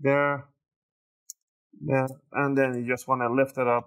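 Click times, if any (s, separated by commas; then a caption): 1.3 s. A pick pries along the side of an HP Omen 17 an101 laptop between the plastic bottom cover and the palm rest, and another retaining clip snaps free with a short sharp click at 1.3 s. Someone talks before and after the click. The case clip pops loose just before the bottom cover is lifted off.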